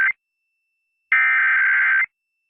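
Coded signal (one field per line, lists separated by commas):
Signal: Emergency Alert System (SAME) tones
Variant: header bursts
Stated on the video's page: Real South Carolina Required Monthly Test received on an FM broadcast station at 106.7 FM.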